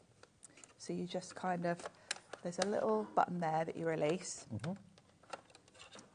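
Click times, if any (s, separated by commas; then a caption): 5.3 s. A removable plastic ruler is pushed back into its slot on a craft scoring board after someone talks about the little release button that lets it pop out. A few faint taps come before a cluster of small clicks near the end, and the ruler clicks back into place at 5.3 s.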